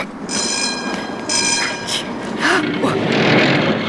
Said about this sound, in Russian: К остановке подходит трамвай.